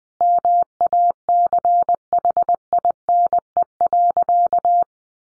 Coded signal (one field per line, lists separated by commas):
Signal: Morse code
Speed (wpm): 20 wpm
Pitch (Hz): 700 Hz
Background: none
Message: MACHINE.